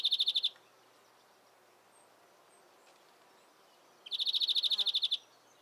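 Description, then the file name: European greenfinch: the end of one fast trill, then after a pause of about three and a half seconds a longer run of rapid, regular buzzy notes. "Chloris chloris"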